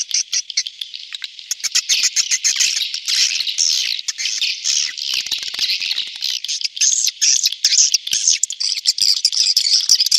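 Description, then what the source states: Swiftlets twitter continuously in high, shrill, overlapping chirps, mixed with brief ticking clicks, forming a busy, even chatter. Sound used in swiftlet farming in Asia.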